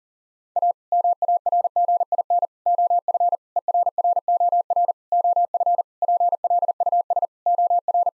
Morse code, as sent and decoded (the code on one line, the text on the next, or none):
.- / -- .- .-. --. .. -. / --- ..-. / . .-. .-. --- .-. / --- ..-. / .--. .-.. ..- ... / --- .-.
A MARGIN OF ERROR OF PLUS OR